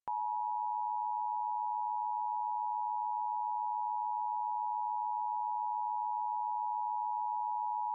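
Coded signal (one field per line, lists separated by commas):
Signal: Emergency Alert System (SAME) tones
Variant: 853 and 960 Hz attention tone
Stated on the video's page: Simulated alert in a fictional scenario based on the film "Us", imagining a clone takeover.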